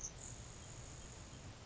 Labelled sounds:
Grasshopper Sparrow (Ammodramus savannarum)

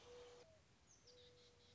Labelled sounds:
Mourning Dove (Zenaida macroura)

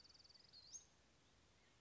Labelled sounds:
Western Flycatcher (Empidonax difficilis)

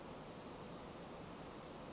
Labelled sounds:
Western Flycatcher (Empidonax difficilis)

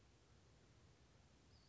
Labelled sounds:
Western Flycatcher (Empidonax difficilis)

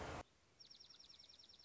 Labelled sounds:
Dark-eyed Junco (Junco hyemalis)

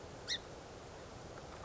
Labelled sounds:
Song Sparrow (Melospiza melodia)

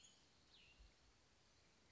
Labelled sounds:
Cassin's Vireo (Vireo cassinii)

